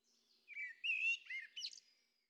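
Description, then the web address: Blackbird song: a short phrase of fluting, warbled notes wavering around mid pitch, ending in a higher squeaky flourish, with otherwise quiet surroundings. Early morning. "Fontainebleau Demo. blackbird"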